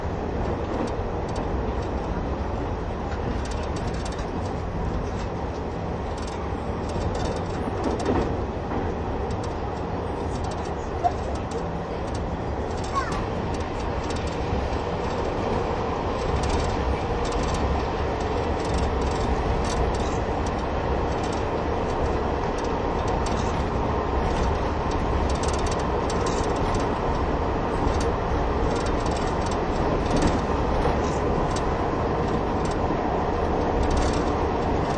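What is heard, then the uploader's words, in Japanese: Running sound from aboard the KiHa 71 Yufuin no Mori express: a steady, dense low rumble of the moving train fills all thirty-five seconds. Frequent small clicks and rattles dot the sound, with a brief sharper knock near eleven seconds. キハ71系 ゆふいんの森03号02 日田～由布院。走行音(音の旅)。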